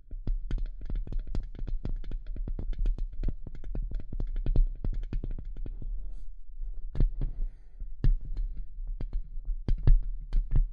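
Tapping and scratching, with quick, sharp taps packed densely for the first six seconds over a steady low rumble. After a brief lull, the taps return more sparsely and irregularly, some louder and brighter, with faint scratchy rustling between them.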